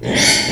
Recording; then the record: squeal of a Yucatan mini pig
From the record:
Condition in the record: before surgery on the right vocal fold (resection and tissue-engineered implant); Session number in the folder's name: 2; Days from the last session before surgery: 0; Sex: male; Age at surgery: 12 weeks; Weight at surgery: 13 kg